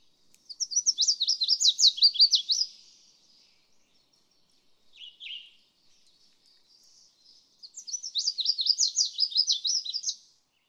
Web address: songs Red-faced Warbler